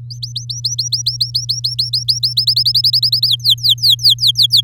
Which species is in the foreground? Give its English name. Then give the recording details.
Domestic Canary. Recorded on 8 May 2018 at 07:09. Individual llb16